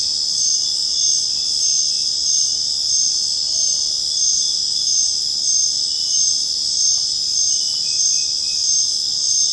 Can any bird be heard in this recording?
no